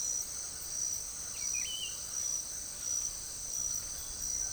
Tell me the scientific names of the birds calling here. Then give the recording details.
Cyanocorax violaceus. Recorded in secondary vegetation near Puerto Asís, Putumayo, Colombia, on 13 March 2025 at 06:30. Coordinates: 0.489, -76.322. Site G042